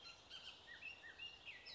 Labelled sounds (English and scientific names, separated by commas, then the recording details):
Bullock's Oriole (Icterus bullockii)
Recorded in Sonoma County, California